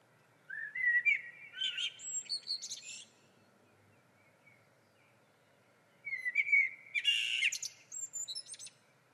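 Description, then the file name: Common blackbird delivering two song phrases of warbled low whistles that turn into high, scratchy twittering, with a soft constant background hiss between them. "Turdus merula"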